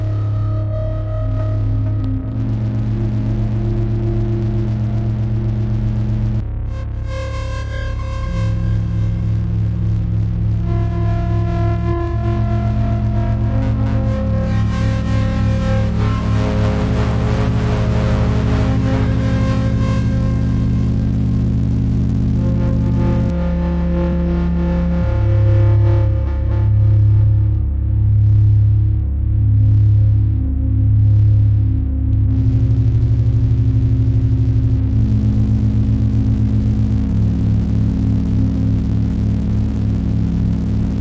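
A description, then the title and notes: Frequency modulation synthesis and samples make a dense, steady electronic drone with a heavy low tone that shifts pitch every few seconds. Bright metallic, clanging layers rise and fade above it, peaking in a harsh burst midway, while pulsing low throbs repeat around 25 to 32 seconds. Experimenting with frequencies. Frequency modulation synthesis and samples.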